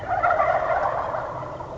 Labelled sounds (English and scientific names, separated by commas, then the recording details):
Wild Turkey (Meleagris gallopavo)
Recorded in Sonoma County, California